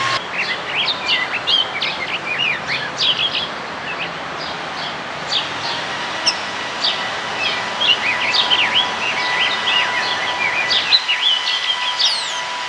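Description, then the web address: Rose-breasted grosbeak song, a long run of quick, sweet warbled notes rising and falling, with steady background hiss. "Rose-breasted Grosbeak Rose-breasted Grosbeak BSB 2006"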